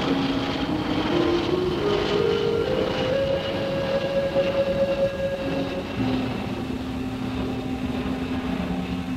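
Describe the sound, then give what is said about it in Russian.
A passenger airliner flies overhead in the sky above a salt lake, a steady, loud wash of engine noise with a whining tone that climbs slowly and then drops lower as the plane passes. “По нему пролетает пассажирский авиалайнер.”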